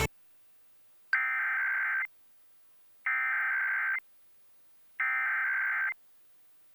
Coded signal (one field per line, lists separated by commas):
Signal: Emergency Alert System (SAME) tones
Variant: header bursts